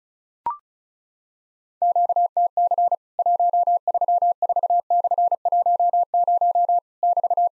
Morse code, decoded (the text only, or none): QTC 134/10 <BT>